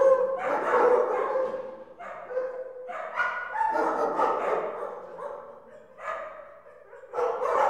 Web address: dog kennel kennel indoor many barking animal